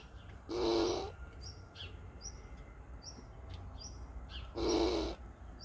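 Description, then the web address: Squirrel growling in two harsh, rasping bursts about four seconds apart, with faint high bird chirps in the background. Angry squirrel growling. "zlaya belka rychit"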